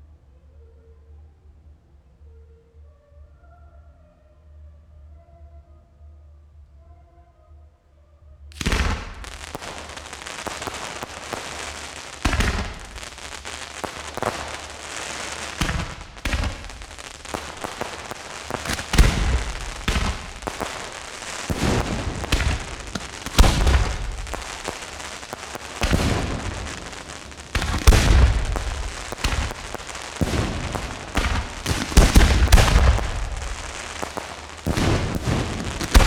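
Fireworks burst after a quiet opening of about eight seconds, where only a faint low hum and some soft tones are heard. From then on, sharp cracks and booming explosions come thick and irregular, building toward denser, louder volleys near the end.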